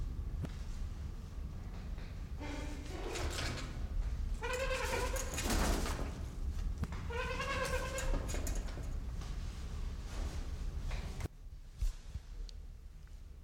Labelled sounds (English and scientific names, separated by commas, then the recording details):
Trumpeter Hornbill (Bycanistes bucinator)
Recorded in captivity
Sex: female
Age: adult
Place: Zoo Berlin, Berlin, DE
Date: 1992-12-25 11:47
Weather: heiter, -7°C
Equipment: Marantz CP 430, Sennheiser ME 80, Kopie Uher Variocord 263
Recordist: Tembrock, Günter
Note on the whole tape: Lautfolgen von Weibchen, ca. 1,5 m